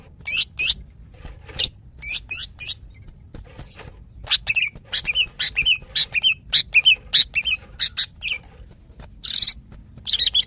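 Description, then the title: Greater green leafbird calling, scattered high chirps at first, then a busy stream of rising-falling whistled notes, several per second. Female calling to a male, described as very vocal. "CUCAK IJO BETINA GACOR HIPER MEMANGGIL JANTAN"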